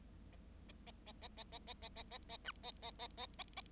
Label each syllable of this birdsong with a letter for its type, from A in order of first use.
A A A A A A A A A A A B A A A A A A